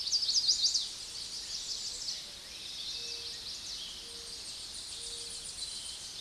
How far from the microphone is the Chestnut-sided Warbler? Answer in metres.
about 60 m